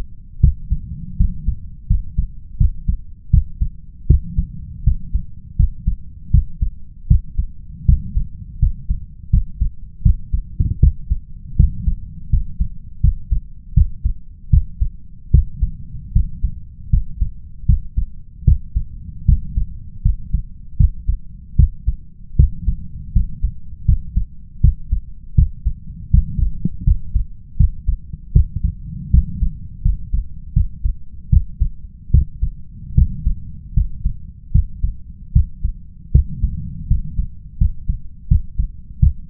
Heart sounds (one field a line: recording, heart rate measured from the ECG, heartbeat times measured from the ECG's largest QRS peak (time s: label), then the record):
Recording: heart sounds by stethoscope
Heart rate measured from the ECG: 79 bpm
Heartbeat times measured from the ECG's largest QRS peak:
0.40 s: heartbeat
1.16 s: heartbeat
1.86 s: heartbeat
2.57 s: heartbeat
3.30 s: heartbeat
4.06 s: heartbeat
4.83 s: heartbeat
5.56 s: heartbeat
6.30 s: heartbeat
7.07 s: heartbeat
7.85 s: heartbeat
8.59 s: heartbeat
9.29 s: heartbeat
10.02 s: heartbeat
10.79 s: heartbeat
11.56 s: heartbeat
12.29 s: heartbeat
13.00 s: heartbeat
13.73 s: heartbeat
14.49 s: heartbeat
15.30 s: heartbeat
16.12 s: heartbeat
16.89 s: heartbeat
17.65 s: heartbeat
18.44 s: heartbeat
19.25 s: heartbeat
20.02 s: heartbeat
20.76 s: heartbeat
21.55 s: heartbeat
22.35 s: heartbeat
23.12 s: heartbeat
23.85 s: heartbeat
24.60 s: heartbeat
25.34 s: heartbeat
26.10 s: heartbeat
26.83 s: heartbeat
27.56 s: heartbeat
28.32 s: heartbeat
29.10 s: heartbeat
29.81 s: heartbeat
30.53 s: heartbeat
31.29 s: heartbeat
32.10 s: heartbeat
32.94 s: heartbeat
33.73 s: heartbeat
34.51 s: heartbeat
35.32 s: heartbeat
36.11 s: heartbeat
36.87 s: heartbeat
37.57 s: heartbeat
38.27 s: heartbeat
38.99 s: heartbeat
From the record:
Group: healthy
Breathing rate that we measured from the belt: 17 breaths a minute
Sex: male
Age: 21 years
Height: 180 cm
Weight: 67.5 kg